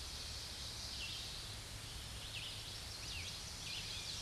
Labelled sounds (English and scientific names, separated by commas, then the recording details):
Red-eyed Vireo (Vireo olivaceus) song
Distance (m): 80 m
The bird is about 5 m above the microphone
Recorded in a Pennsylvania forest on 16 May 2024 at 07:35
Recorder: AudioMoth, point MSD-1338
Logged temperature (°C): 12.6 °C
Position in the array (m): 183 m, 78 m